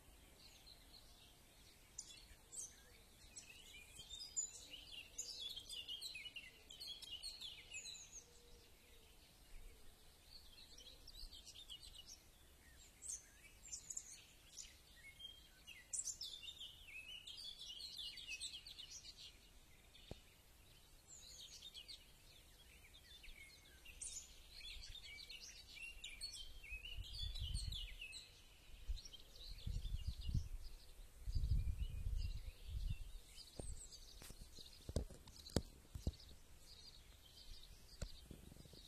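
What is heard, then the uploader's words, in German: Nature by the Elbe: birds chirp and sing throughout, bright, busy calls scattered across the whole stretch. A low rumble swells in the background from around 27 to 33 seconds, and a few sharp clicks sound near the end. Live aus der Natur von der #Elbe.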